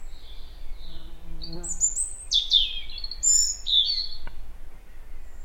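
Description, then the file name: European robin singing thin, high whistles followed by a cascade of sharp, sweet trilled notes; a brief low hum sounds early on. "Erithacus rubecula"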